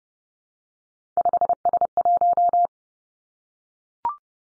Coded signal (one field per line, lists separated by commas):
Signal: Morse code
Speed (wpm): 30 wpm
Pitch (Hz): 700 Hz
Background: none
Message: 5S1